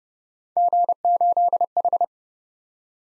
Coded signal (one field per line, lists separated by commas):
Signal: Morse code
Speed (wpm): 29 wpm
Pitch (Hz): 700 Hz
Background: none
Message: G8H